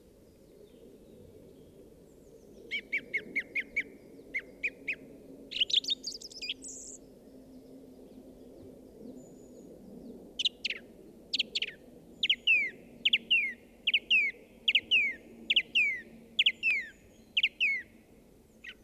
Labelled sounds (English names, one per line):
Song Thrush song